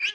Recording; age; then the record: pig call; piglet (1 to 25 days)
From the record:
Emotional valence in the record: negative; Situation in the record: short isolation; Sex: male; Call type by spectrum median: high-frequency call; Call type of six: low-frequency tonal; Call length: 0.14 s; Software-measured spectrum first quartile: 2392 Hz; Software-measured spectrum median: 2674 Hz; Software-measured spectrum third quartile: 3272 Hz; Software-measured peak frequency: 2376 Hz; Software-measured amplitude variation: 172 dB a second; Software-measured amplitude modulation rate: 10.4 a second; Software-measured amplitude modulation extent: 16.5 dB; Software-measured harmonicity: 11.0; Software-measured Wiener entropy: -3.34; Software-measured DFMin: 849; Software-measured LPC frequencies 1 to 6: 1637, 2420, 2947, 4763, 5484, 6323 Hz